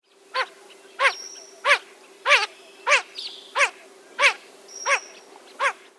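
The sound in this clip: Blue-winged teal giving a regular series of short calls, roughly every 0.6 seconds, over a steady low hum, with a faint thin whistle now and then.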